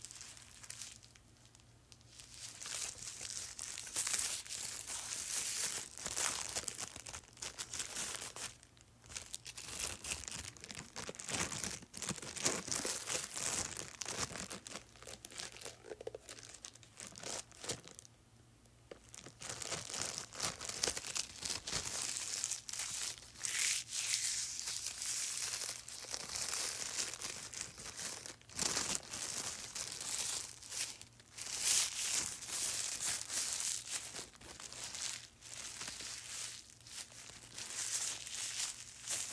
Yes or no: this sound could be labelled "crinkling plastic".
yes